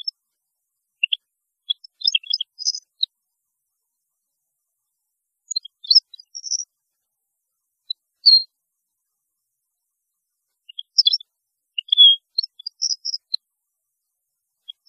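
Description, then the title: European goldfinch song in short bursts of high tinkling, twittering notes, with pauses between phrases and a brief pure whistle near the middle. "Chant Chardonneret"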